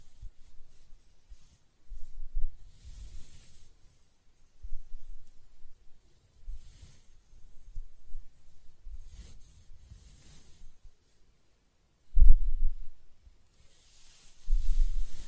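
Close-up hair scratching and stroking in soft, irregular bursts with low rubbing and faint hiss, and a sharper scrape near twelve seconds.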